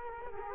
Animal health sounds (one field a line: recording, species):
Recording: mosquito wingbeat signal from an infrared sensor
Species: Culex quinquefasciatus